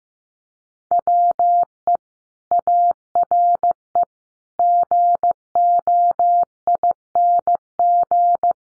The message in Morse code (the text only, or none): WE ARE GOING